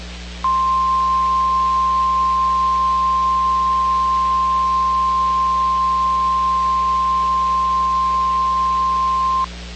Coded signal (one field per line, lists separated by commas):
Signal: Emergency Alert System (SAME) tones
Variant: 1050 Hz attention tone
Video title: The NYC Wedge- EAS Scenario